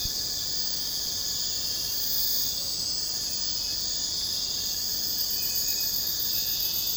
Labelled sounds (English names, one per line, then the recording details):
none
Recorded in secondary vegetation near Puerto Asís, Putumayo, Colombia, on 29 June 2025 at 04:00
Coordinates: 0.484, -76.319
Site G074